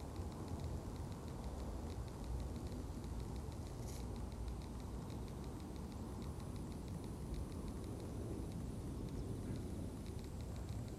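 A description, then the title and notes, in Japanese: Autumn insects chirp in fast, regular pulses over a steady, dense low rumble of distant traffic that runs the whole way through. A single sharp snip-like click stands out near four seconds, and a thin high trill rises briefly in the second half. 人参除草 お昼前。ゆっくり育つ人参を、追い越そうとしてくる草を、ハサミで根元を切っていきます。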